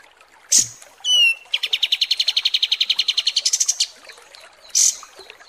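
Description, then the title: Sooty-headed bulbul: a sharp chirp and a short falling note, then a rapid even trill of many notes, followed by a brief harsh burst. Masteran recording, a song used to train other songbirds. "Masteran Kapas Tembak"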